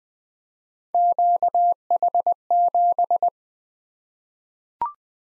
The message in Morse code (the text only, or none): QH7